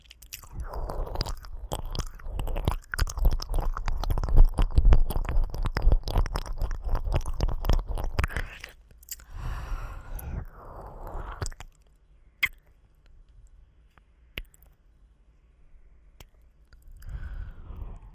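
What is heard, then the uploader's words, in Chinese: Rapid sucking and slurping mouth sounds, a dense stream of wet clicks and smacks for the first nine seconds. After a brief pause comes a softer, breathier stretch, then the sound thins to scattered isolated clicks, one sharp snap near the middle, before fading quietly. ASMR×黑3DIO | 激速吸允啜取耳膜 | 激しい耳舐め | Ear Licking | NO Talking。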